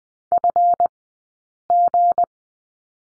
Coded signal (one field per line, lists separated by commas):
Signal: Morse code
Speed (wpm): 20 wpm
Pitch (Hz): 700 Hz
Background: none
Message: FG